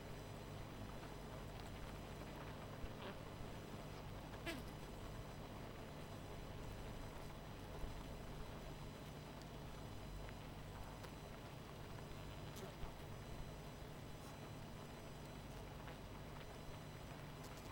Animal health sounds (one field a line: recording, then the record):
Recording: honeybee colony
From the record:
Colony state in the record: missing queen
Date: 14 July 2017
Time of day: 19:22